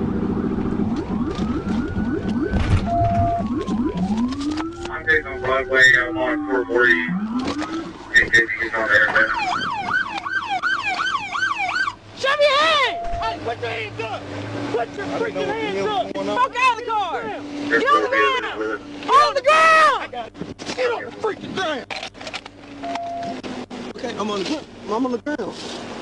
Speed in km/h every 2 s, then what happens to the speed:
77, 40, 10, 0, 0, 0, 0, 0, 0, 0, 0, 0, 0.
0-5 brakes to 0. 5-26 standing.